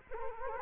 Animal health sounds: mosquito wingbeat signal from an infrared sensor; Culex quinquefasciatus

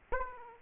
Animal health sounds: mosquito wingbeat signal from an infrared sensor; Aedes aegypti

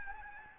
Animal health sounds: mosquito wingbeat signal from an infrared sensor; Aedes albopictus

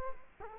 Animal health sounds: mosquito wingbeat signal from an infrared sensor; Culex quinquefasciatus

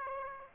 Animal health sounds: mosquito wingbeat signal from an infrared sensor; Aedes aegypti

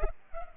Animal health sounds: mosquito wingbeat signal from an infrared sensor; Culex pipiens

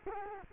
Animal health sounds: mosquito wingbeat signal from an infrared sensor; Culex quinquefasciatus

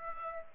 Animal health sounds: mosquito wingbeat signal from an infrared sensor; Aedes aegypti

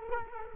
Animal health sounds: mosquito wingbeat signal from an infrared sensor; Culex quinquefasciatus

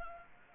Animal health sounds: mosquito wingbeat signal from an infrared sensor; Anopheles gambiae

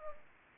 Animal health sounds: mosquito wingbeat signal from an infrared sensor; Anopheles arabiensis

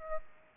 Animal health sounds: mosquito wingbeat signal from an infrared sensor; Aedes aegypti

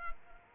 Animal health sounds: mosquito wingbeat signal from an infrared sensor; Culex quinquefasciatus

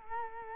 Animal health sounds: mosquito wingbeat signal from an infrared sensor; Culex quinquefasciatus

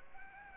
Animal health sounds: mosquito wingbeat signal from an infrared sensor; Aedes aegypti

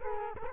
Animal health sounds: mosquito wingbeat signal from an infrared sensor; Culex quinquefasciatus

